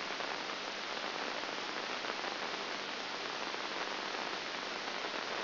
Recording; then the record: brain microelectrode recording played as sound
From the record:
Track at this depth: outside the subthalamic nucleus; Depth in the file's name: 0.905 mm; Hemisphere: left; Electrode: 2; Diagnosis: Parkinson's disease